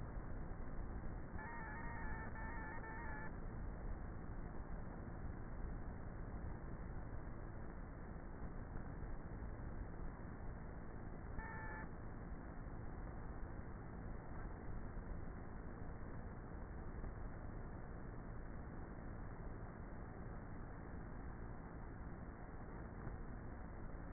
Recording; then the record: honeybee colony, microphone inside the hive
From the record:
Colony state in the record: queenless with a low population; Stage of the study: before two queens were removed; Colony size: about 30,000 bees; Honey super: no